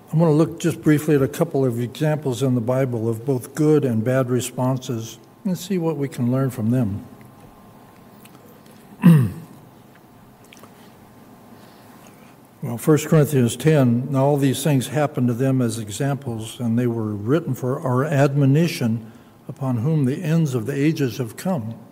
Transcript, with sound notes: I want to look just briefly at a couple of examples in the Bible of both good and bad responses and see what we can learn from them. [clears throat] Well, 1 Corinthians 10, now all these things happened to them as examples and they were written for our admonition upon whom the ends of the ages have come.